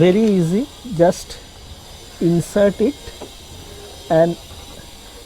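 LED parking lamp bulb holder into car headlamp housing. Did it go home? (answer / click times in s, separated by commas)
no / none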